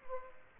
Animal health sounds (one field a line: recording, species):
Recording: mosquito wingbeat signal from an infrared sensor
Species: Aedes aegypti